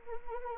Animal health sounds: mosquito wingbeat signal from an infrared sensor; Anopheles arabiensis

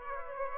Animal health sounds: mosquito wingbeat signal from an infrared sensor; Aedes aegypti

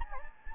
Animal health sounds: mosquito wingbeat signal from an infrared sensor; Anopheles gambiae

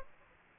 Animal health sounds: mosquito wingbeat signal from an infrared sensor; Aedes aegypti

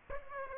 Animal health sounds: mosquito wingbeat signal from an infrared sensor; Aedes aegypti

